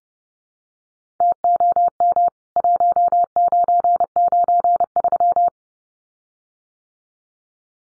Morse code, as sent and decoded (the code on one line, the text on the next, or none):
- --- -- / .---- ----. ----. ...--
TOM 1993